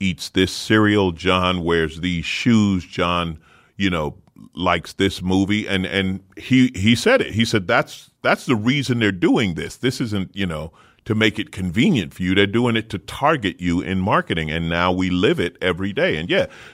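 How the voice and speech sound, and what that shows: A man talks conversationally at a natural pace, with fluent voicing and only the everyday repeats and fillers of casual speech.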